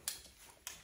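The samurai-sword-style handle of a black automatic umbrella is pushed back into the umbrella's shaft or sheath. Two sharp, bright clicks ring out at 0.1 s and 0.7 s over a quiet background. The handle clicks back into place and is seated.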